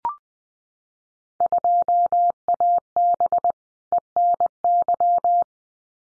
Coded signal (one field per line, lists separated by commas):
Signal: Morse code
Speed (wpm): 20 wpm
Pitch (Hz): 700 Hz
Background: none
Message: 2AB ENY